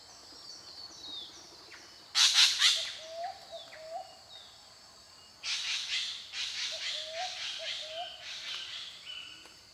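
Spangled drongo calls: harsh, metallic bursts of notes in two bouts, with soft low downslurred whistles between them.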